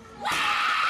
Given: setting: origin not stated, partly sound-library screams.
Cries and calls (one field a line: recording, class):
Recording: one-second piece from a danger detection set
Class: woman in danger